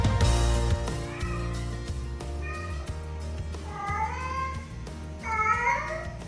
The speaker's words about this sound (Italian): Questo è il miagolio del gatto che disturba il riposo del nostro Carmelo Lauricella, che infatti mi ha scritto un messaggio e mi ha raccontato che l'unico rumore molesto a casa sua è il miagolio del gatto della vicina,